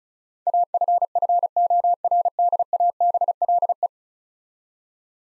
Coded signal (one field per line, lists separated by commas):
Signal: Morse code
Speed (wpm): 36 wpm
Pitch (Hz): 700 Hz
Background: none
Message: AFFORDABLE